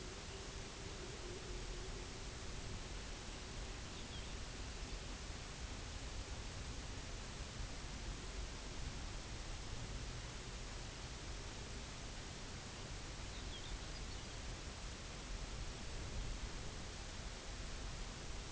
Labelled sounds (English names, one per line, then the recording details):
Pectoral Sandpiper
unidentified sound
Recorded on Arctic tundra, site UTQI-0, on 16 June 2019
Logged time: 12:00